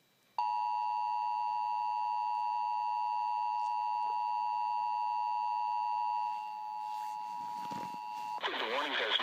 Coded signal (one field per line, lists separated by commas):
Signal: Emergency Alert System (SAME) tones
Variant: 853 and 960 Hz attention tone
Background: speech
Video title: EAS 161 DENVER CO SNOW SQUAL WARNING